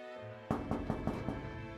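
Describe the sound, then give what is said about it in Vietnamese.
Five sharp, evenly spaced knocks on a room door at a police headquarters ring out over a low, steady humming background, each rap crisp and of moderate loudness. “Tiếng gõ cửa phòng vang lên”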